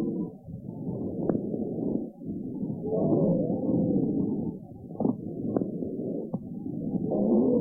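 Loud, rough breath noise with whistling wheezes and sharp crackling pops over a horse's lungs, heard by stethoscope: an extreme case of pathological lung sounds, distinct enough to recognize even for an untrained listener.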